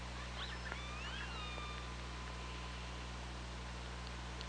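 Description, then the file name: Killer whale calls: several sliding, whistle-like tones that rise and fall, with faint clicks, over a steady low underwater hum. Hydrophone recording at OrcaLab, 24 August 2017, 15:55:35. "Orca Lab UTLN JASON 20170824 155535"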